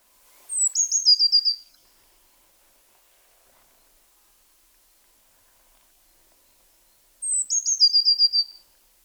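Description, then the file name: Eurasian blue tit song phrase given twice, each a high thin note sliding into a fast, slightly falling trill, with silence between. "Cyanistes caeruleus"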